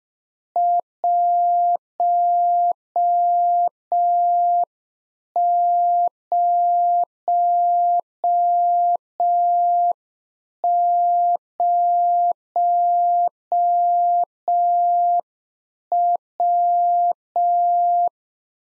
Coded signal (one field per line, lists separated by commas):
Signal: Morse code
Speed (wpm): 5 wpm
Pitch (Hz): 700 Hz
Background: none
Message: 100W